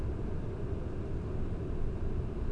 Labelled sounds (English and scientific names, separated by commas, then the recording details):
none
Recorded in Germany
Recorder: ecoPi